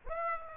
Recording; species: mosquito wingbeat signal from an infrared sensor; Aedes aegypti